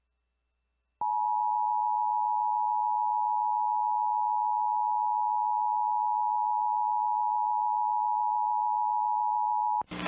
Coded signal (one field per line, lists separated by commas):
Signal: Emergency Alert System (SAME) tones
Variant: 853 and 960 Hz attention tone